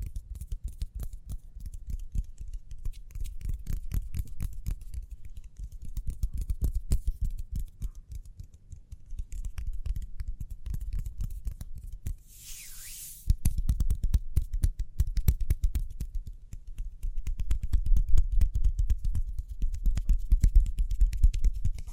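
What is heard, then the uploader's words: Quick hand sounds: a dense, fast run of small taps and scratchy clicks, mostly low and thudding, continues without pause across the clip. Around twelve to thirteen seconds a short brighter hiss cuts through, after which the rubbing grows slightly louder and busier. ASMR Speedy Hand Sounds (No Talking).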